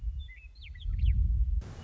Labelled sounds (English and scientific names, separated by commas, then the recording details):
Western Meadowlark (Sturnella neglecta)
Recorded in Sonoma County, California